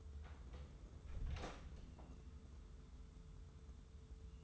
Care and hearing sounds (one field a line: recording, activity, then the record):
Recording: daily activity, microphone in the room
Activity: close door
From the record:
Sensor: 3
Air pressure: 1015.1 hPa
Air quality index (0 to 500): 105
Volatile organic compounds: 3 ppm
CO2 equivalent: 1454 ppm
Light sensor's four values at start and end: 15/39/16/17 and 15/39/16/17